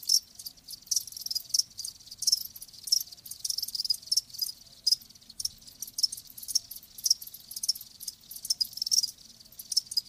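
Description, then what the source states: Many crickets chirp in quick, shrill, overlapping pulses, keeping up a steady rhythmic high-pitched chorus. Live crickets chirping, presented as a sleep sound.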